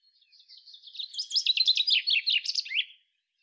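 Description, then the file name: Common chaffinch song: a single phrase of quick high notes ending in a lower flourish, lasting about two and a half seconds. "Fringilla coelebs"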